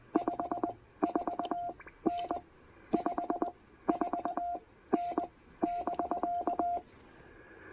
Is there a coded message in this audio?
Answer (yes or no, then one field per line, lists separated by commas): yes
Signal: Morse code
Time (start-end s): 0.2-6.8 s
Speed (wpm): 20 wpm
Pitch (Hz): 690 Hz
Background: none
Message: 54N 54N <BK>